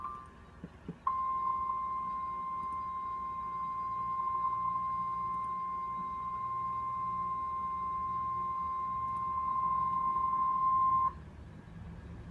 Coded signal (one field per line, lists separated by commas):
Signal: Emergency Alert System (SAME) tones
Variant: 1050 Hz attention tone